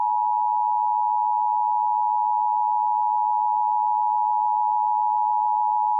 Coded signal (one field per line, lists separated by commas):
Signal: Emergency Alert System (SAME) tones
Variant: 853 and 960 Hz attention tone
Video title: WHO-AM COVERS THE TORNADOES... EAS Alerts from 5/21/24 (EAS #4,268 - 4,291)